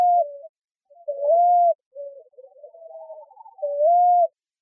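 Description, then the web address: Common ground dove cooing, soft low coos in an uneven run, with scattered fainter notes between them; otherwise quiet. Recorded in Arizona, United States, on 1 July 2006. "Doves AZFO COGD 070106. deviche"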